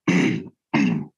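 Two abrupt, loud, throat-clearing grunts, each under half a second, separated by a brief pause. These are simple vocal tics from an adult man with Tourette syndrome: sudden, involuntary sounds, loud enough that people around him can hear them.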